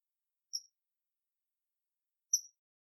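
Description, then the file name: Common kingfisher giving two short, sharp high-pitched whistled notes nearly two seconds apart, with silence between them. Recorded at Eura on 22 July 2022. "Alcedo atthis Eura 220722"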